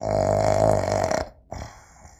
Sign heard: Male snore.